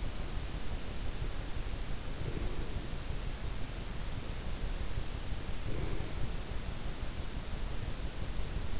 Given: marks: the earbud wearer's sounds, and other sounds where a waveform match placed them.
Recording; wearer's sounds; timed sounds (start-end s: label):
sounds in sleep by an in-ear microphone; breath
2.24-2.93 s: breath
5.52-6.67 s: breath